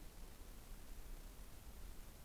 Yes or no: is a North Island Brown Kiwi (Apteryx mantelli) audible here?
no